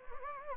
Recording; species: mosquito wingbeat signal from an infrared sensor; Anopheles gambiae